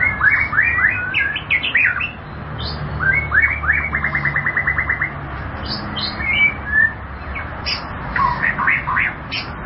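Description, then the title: White-rumped shama song mixing sweet whistled notes with a fast, even trill of repeated notes lasting about two seconds, then more varied whistles. "Kicau Murai Batu"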